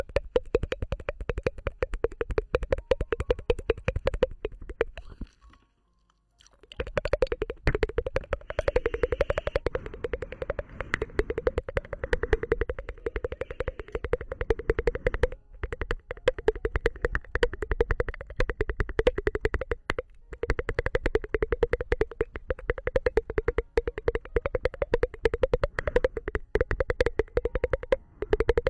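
Rapid tongue clicks with no voice pour out densely and unevenly over a wavering low hum, pausing briefly around five seconds.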